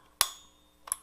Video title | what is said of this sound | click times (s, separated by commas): Sesion II componentes internos de un computador | un pequeño sonido hay un clic que | 0.2 s, 0.9 s